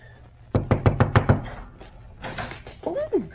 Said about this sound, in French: Alors, je rentre chez moi et tu frappes à ma porte.